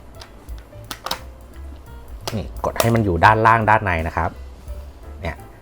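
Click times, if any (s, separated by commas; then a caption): 5.2 s. A patterned plastic back panel for a RhinoShield shockproof phone case is pressed down into the bottom of the case frame, with a few light handling clicks early on while someone talks. The panel snaps into the frame with a sharp click at 5.3 s and is locked in place.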